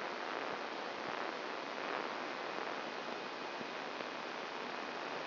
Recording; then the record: brain microelectrode recording played as sound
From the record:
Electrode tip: outside the subthalamic nucleus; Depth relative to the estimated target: 3 mm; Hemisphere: left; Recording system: AlphaMap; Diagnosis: Parkinson's disease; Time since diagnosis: 24 years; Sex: female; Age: 57 years